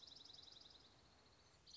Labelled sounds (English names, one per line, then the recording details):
Dark-eyed Junco
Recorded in Sonoma County, California